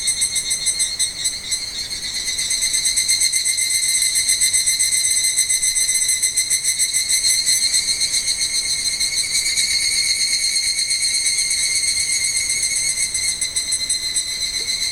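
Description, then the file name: Evening cicada singing a ringing, pulsed trill that swells and eases slightly, pulses coming roughly four per second throughout. "Higurashi"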